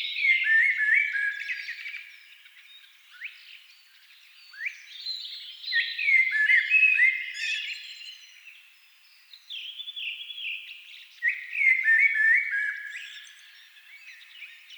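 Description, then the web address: Thrush song: a long series of musical whistled phrases and chattering trills that swell and fade, repeated with brief pauses between them. Several thrushes singing at dusk. "agykontroll CD 3-A természet hangjai Rigók szürkületkor"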